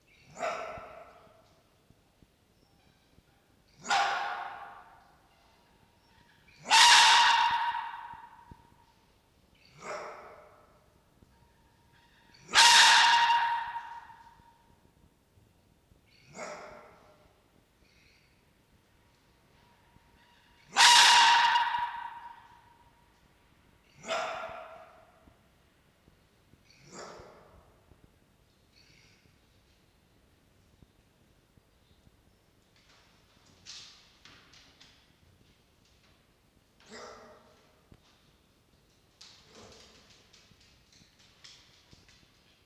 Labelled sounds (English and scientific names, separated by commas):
Red Fox (Vulpes vulpes)